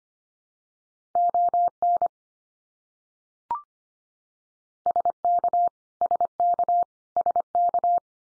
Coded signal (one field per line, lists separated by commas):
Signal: Morse code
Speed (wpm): 25 wpm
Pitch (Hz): 700 Hz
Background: none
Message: ON SK SK SK